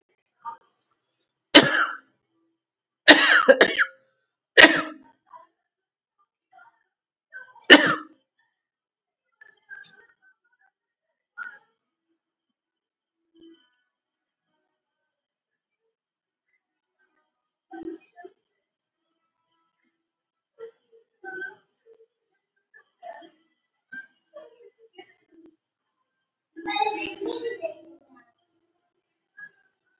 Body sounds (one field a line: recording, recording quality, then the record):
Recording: heavy voluntary cough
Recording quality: moderate, slight background noise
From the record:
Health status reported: COVID-19 positive, no symptoms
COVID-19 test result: positive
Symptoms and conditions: hypertension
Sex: male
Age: 42 years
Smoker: not ticked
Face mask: not worn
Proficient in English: yes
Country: India